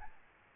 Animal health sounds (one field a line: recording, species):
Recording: mosquito wingbeat signal from an infrared sensor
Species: Aedes albopictus